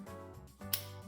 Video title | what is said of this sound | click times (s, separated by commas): 2023-2026 KIA SPORTAGE (NQ5) 2.5L (GDi) Replace Vapor Canister Purge Valve Solenoid | it in place, listen for the click. There | 0.7 s